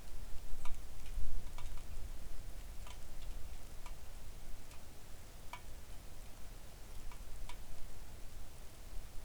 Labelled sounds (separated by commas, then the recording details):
rain
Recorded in the Arctic National Wildlife Refuge, Alaska, on 3 August 2019 at 05:59
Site 41